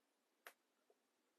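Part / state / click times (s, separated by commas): clear plastic snap popper on a fabric phone case / not seated / none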